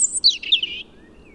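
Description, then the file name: European robin song fragment: one short burst of very high, tumbling whistled notes that falls in pitch and fades within a second. "Erithacus rubecula"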